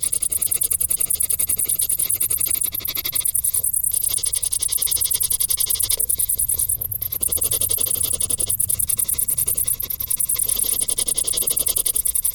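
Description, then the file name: Crickets chirping in a continuous shrill pulsed trill, with a few short quieter moments. "Grillen"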